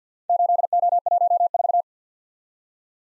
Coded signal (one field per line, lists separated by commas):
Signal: Morse code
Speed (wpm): 52 wpm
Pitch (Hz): 700 Hz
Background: none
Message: 8O14